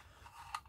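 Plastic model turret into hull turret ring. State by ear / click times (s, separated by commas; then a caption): seated / 0.6 s. A plastic turret of a 1/35 Airfix M36B1 GMC (U.S. Army) model tank is fitted into its modified hull turret ring, rotating smoothly before a sharp plastic click at 0.6 s as it locks into place. The turret is seated.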